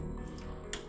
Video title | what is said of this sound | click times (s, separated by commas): Nemesis Transforms Transformers Masterpiece MP-57 Skyfire | Slide the forward all the way I'll click into place | 0.7 s